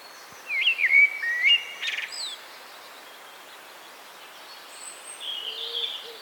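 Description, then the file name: Common blackbird singing a mellow fluted warble followed by a sharp high twitter, then quieter thin calls. "Turdus merula"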